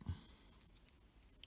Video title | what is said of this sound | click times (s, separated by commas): DIY Drone how to put together SIMPLE DIY -- 5.8ghz mod | sure it's locked on just | 0.6 s, 0.9 s, 1.2 s, 1.4 s